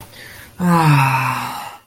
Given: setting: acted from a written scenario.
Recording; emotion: vocal sound without words; shame